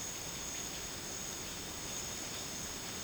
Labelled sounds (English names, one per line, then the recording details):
none
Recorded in dense forest near Puerto Asís, Putumayo, Colombia, on 8 March 2025 at 13:00
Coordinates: 0.486, -76.317
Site G053